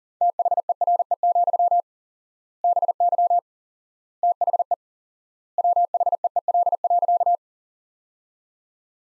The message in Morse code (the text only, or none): THERE, BY THE WHEEL.